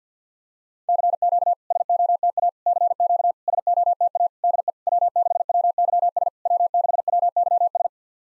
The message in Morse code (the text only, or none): CQ SOTA CQ SOTA DE W6WYS W6WYS